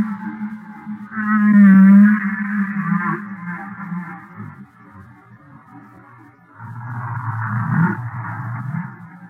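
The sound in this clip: Humpback whale song, a loud wavering moan near two seconds, trailing groans, then a quieter low rumbling phrase toward the end.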